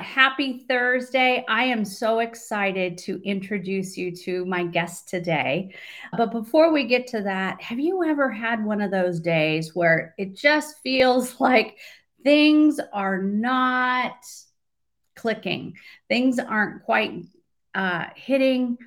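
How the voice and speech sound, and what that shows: Fluent, upbeat adult female speech with a brief laugh and ordinary fillers; typical voice and articulation, no disorder.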